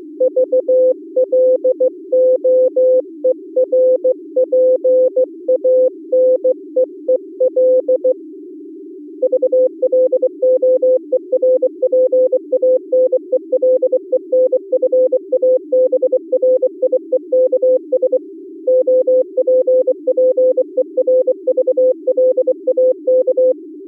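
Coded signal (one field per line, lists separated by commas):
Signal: Morse code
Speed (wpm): 24 wpm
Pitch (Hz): 510 Hz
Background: music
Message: VLOERPANEEL VLOERPANELENFABRIEKS OPPERVLAK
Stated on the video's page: Low-level Contestia data at 355 Hz under speech audio: 125 Hz bandwidth, 2 tones, with start/stop tones.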